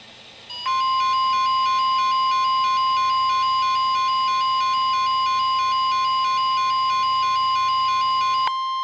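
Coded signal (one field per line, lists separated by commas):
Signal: Emergency Alert System (SAME) tones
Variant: 1050 Hz attention tone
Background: music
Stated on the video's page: Areal Flood Warnings and Required Weekly Test received on NOAA Weather Radio.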